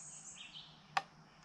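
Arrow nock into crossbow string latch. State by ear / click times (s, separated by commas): seated / 1.0 s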